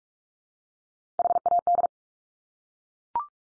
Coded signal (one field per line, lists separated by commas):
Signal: Morse code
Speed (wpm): 44 wpm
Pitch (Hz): 700 Hz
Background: none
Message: HAD